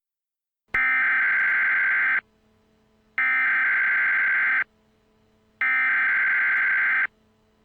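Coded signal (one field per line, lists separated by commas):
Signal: Emergency Alert System (SAME) tones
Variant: header bursts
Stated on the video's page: Fictional containment-breach scenario alert.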